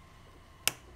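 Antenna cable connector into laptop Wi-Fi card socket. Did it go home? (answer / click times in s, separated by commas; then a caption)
yes / 0.7 s. A tiny coaxial antenna cable connector, lined up with tweezers on a 13-inch Retina MacBook Pro Wi-Fi card during a top case replacement, is pushed down onto its socket, since it must be in exactly the right place to click in. A single sharp, bright click sounds at 0.7 s against near silence. The connector seats.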